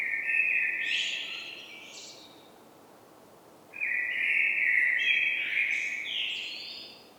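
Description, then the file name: Common blackbird song: two phrases, each a low mellow fluted warble that breaks into a higher squeaky twitter, with a short pause between them. "Turdus merula"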